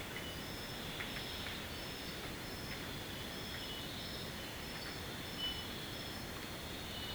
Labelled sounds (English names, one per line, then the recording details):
none
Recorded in secondary vegetation near Puerto Asís, Putumayo, Colombia, on 18 February 2024 at 03:30
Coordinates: 0.472, -76.331
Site G6371